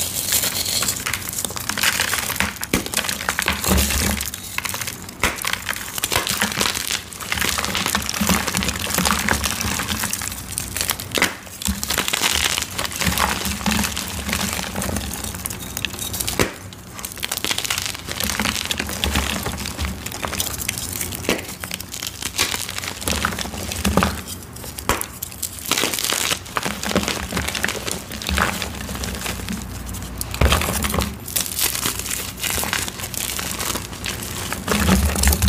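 Crispy flaky gym chalk is crushed in dense, continuous crunching and crinkling, with sharp bright crackles and brief pauses around 16 and 25 seconds.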